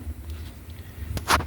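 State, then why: Seated. A headlight bulb with its harness already connected is turned clockwise in the plastic headlight housing of a 2011 Toyota Tundra 4.6L, over a low background rumble. A sharp click at 1.2 s marks the bulb twist-locking into the housing, seated straight up and down, followed by a brief louder rustle.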